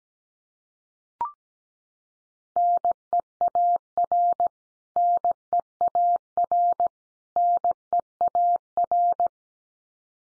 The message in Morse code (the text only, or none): NEAR NEAR NEAR